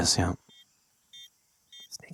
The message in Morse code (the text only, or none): none